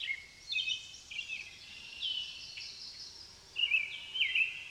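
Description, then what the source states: Common blackbird song: mellow warbled phrases drifting into one another, followed near the end by a louder twittering flourish. Blackbirds, plural, at Amos Pond in the countryside.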